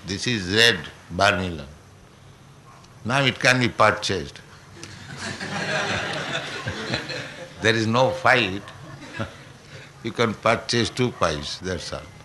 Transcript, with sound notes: This is red vermilion. Now it can be purchased. [laughter] There is no fight. You can purchase, two paisa, that's all.